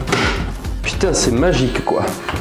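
A metal accessory is lined up with the arrow and fitted onto the drive shaft inside the stainless steel bowl of a Moulinex i-Companion XL kitchen robot. It seats with a short, sharp click at 0.1 s, followed by a softer thud at 0.7 s. Someone talks over light background music.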